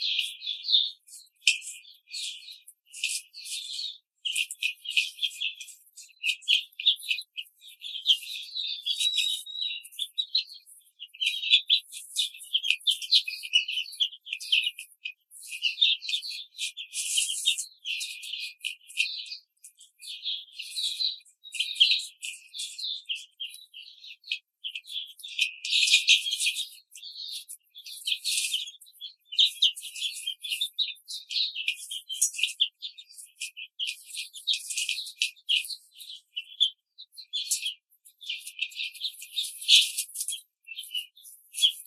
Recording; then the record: young laying hens in a cage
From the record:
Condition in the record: control cage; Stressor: none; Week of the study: 5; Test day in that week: 1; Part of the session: 2